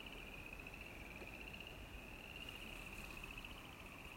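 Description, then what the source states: Frog giving a continuous high, fine pulsed trill held steadily throughout, over a soft background rumble. Yellowstone.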